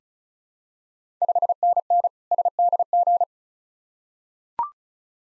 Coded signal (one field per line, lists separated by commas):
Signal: Morse code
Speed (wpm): 36 wpm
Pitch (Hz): 700 Hz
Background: none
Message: 5NN SDG